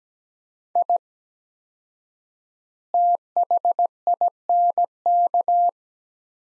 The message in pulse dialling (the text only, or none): none